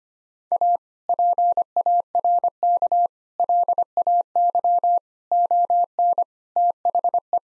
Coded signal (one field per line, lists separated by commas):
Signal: Morse code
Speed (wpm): 25 wpm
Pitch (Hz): 700 Hz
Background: none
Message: A PARK LAY ON THE